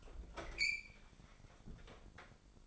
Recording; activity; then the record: daily activity, microphone in the room; open fridge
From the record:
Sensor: 5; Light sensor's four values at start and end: 35/84/34/35 and 38/91/37/37